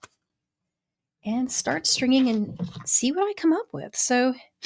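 A small plastic retaining clip is snapped back onto a spool of beading wire before stringing beads straight from the spool, seating with a short sharp click at 0.0 s. After a pause, someone talks.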